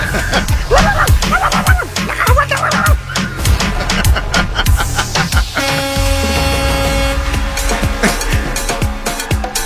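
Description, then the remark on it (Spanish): A tiny female miniature pit dog barks and yips in rapid, high-pitched bursts, loud and nearly nonstop, with a steadier whining tone running under the yaps in the second half. “She's small. Pesa como media libra. Yeah, she's really tiny.”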